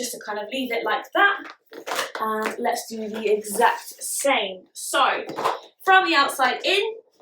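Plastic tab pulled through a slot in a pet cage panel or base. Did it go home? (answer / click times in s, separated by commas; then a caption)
no / none. A plastic tab on a guinea pig C&C cage panel or base is handled while someone talks, before being pulled all the way through its slot. Nothing has clicked or seated yet in this clip.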